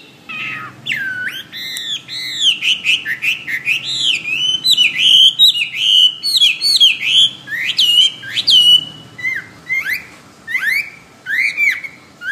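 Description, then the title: Bird delivering a dense, varied warble of swooping and rising whistles, phrases tumbling quickly one after another with brief gaps near the end. "SuaraBurung Kicau"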